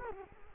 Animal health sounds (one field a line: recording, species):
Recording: mosquito wingbeat signal from an infrared sensor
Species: Culex quinquefasciatus